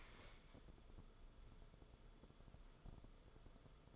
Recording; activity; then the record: daily activity, microphone in the room; stand up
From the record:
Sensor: 5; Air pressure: 994.5 hPa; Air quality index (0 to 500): 183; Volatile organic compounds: 1000 ppm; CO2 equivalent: 5346 ppm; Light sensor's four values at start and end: 23/58/24/28 and 23/57/24/28